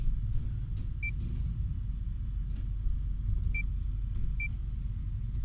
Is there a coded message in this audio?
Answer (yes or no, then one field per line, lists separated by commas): no